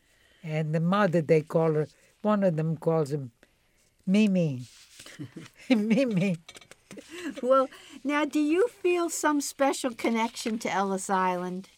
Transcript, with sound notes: And the mother, they call her, one of them calls her Mimi. Mimi. (laughs)
Now do you feel some special connection to Ellis Island?